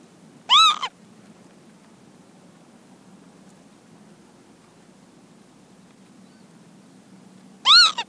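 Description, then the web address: Northern lapwing making two brief wheezy arched calls about seven seconds apart, each followed by a clipped note, over a quiet low hum. Female on the ground giving anxiety calls; distant aeroplane in background. "lapwing female ground anxiety call with distant aeroplane"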